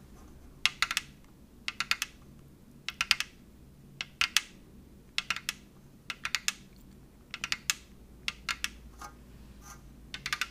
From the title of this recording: Tapping ASMR